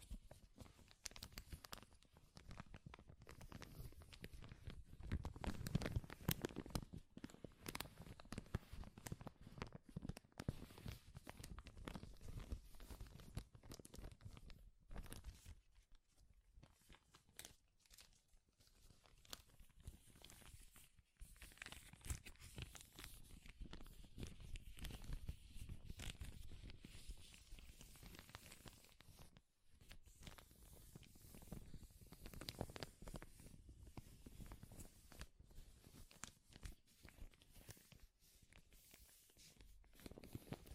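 Powerful crinkling fills the recording with dense, rapid crackles and rustles that run almost without pause. The sound swells loudest around five to seven seconds, with brief quieter gaps near 15, 21 and 29 seconds before the crinkling resumes.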